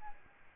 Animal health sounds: mosquito wingbeat signal from an infrared sensor; Aedes albopictus

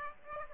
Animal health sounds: mosquito wingbeat signal from an infrared sensor; Aedes aegypti

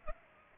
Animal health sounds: mosquito wingbeat signal from an infrared sensor; Aedes aegypti

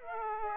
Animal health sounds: mosquito wingbeat signal from an infrared sensor; Aedes aegypti

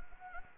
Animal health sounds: mosquito wingbeat signal from an infrared sensor; Anopheles gambiae

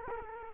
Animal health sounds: mosquito wingbeat signal from an infrared sensor; Culex quinquefasciatus

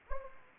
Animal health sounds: mosquito wingbeat signal from an infrared sensor; Anopheles gambiae

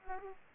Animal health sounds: mosquito wingbeat signal from an infrared sensor; Aedes aegypti

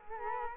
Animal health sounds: mosquito wingbeat signal from an infrared sensor; Culex quinquefasciatus

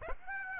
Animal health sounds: mosquito wingbeat signal from an infrared sensor; Aedes aegypti

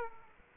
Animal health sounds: mosquito wingbeat signal from an infrared sensor; Aedes aegypti

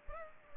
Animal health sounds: mosquito wingbeat signal from an infrared sensor; Culex pipiens

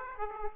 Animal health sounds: mosquito wingbeat signal from an infrared sensor; Aedes aegypti

